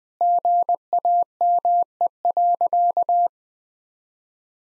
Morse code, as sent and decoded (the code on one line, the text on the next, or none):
--. .- -- . .-.-.-
GAME.